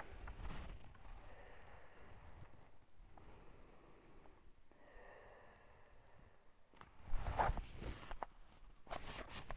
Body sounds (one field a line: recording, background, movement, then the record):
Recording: deep breathing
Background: quiet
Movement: sitting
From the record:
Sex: female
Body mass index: 36.4 kg/m2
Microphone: on the chest, facing outward